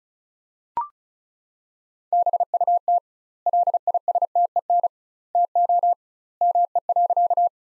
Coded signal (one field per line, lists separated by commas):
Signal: Morse code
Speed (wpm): 34 wpm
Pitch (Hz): 700 Hz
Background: none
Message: BUT LISTEN TO ME.